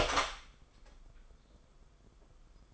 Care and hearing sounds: daily activity, microphone in the room; open door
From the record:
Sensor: 5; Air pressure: 990.6 hPa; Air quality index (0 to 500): 150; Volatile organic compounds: 158 ppm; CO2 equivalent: 4057 ppm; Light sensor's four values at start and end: 26/63/26/28 and 27/65/26/29

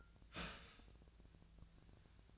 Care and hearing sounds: daily activity, microphone in the room; start toaster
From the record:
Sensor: 2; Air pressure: 1009.2 hPa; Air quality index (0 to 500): 186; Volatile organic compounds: 11 ppm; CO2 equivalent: 2303 ppm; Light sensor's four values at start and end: 23/57/24/27 and 23/57/24/27

